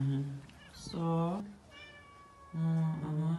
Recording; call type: domestic cat vocalisation; meow